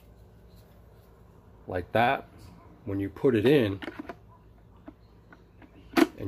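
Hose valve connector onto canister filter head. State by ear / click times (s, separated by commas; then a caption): seated / 6.0 s. A plastic Fluval Aquastop quick-disconnect valve block on the filter hose is pushed onto the top of a canister filter head while someone talks, with a few faint ticks at 4.9, 5.3 and 5.6 seconds. A sharp, loud click at 6.0 seconds marks the connector seating, confirmed by an indicator popping up.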